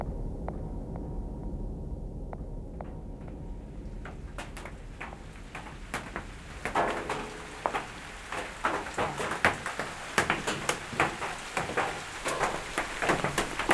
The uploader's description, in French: Ambiance pluvieuse